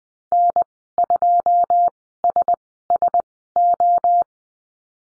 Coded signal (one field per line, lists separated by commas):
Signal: Morse code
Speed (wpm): 20 wpm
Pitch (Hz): 700 Hz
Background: none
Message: N2SSO